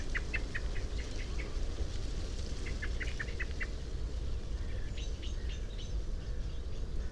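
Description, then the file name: Common blackbird chinking in two quick series, followed by fainter higher notes, over a persistent low rumble. "Turdus merula"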